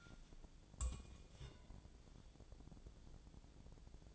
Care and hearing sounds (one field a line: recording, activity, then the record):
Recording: daily activity, microphone in the room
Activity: take from stove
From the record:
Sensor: 5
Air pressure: 1000.2 hPa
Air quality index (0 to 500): 95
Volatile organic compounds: 1 ppm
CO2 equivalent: 775 ppm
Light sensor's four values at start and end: 286/665/291/326 and 284/663/289/323